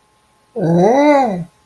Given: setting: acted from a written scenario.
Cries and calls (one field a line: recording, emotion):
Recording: vocal sound without words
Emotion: disgust